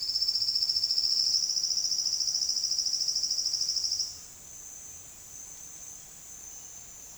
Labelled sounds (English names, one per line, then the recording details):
none
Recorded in secondary vegetation near Puerto Asís, Putumayo, Colombia, on 30 June 2025 at 09:30
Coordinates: 0.485, -76.322
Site GP06